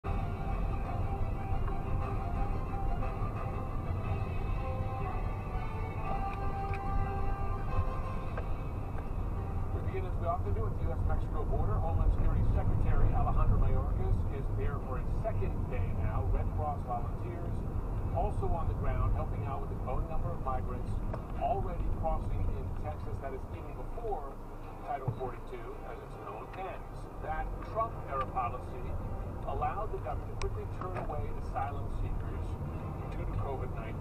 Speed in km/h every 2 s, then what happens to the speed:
23, 24, 18, 18, 18, 18, 18, 21, 19, 23, 23, 18, 6, 0, 0, 13, 15.
2-4 slows to 18. 4-21 steady at about 18. 21-25 brakes to 0. 25-28 standing. 28-34 pulls away to 15.